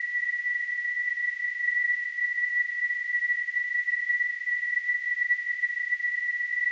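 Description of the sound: Simulated tinnitus: a steady, continuous high-pitched tone near 2 kHz, with a faint hiss above it, held unchanged throughout.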